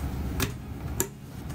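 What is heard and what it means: The last implant module is slid down the tail of the previously placed implant module until it locks onto its rail. A softer tap comes at about 0.4 s over a low background rumble, then a sharp, brief click at 1.0 s as the module seats and locks in place.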